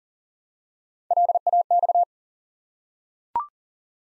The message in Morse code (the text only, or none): LAX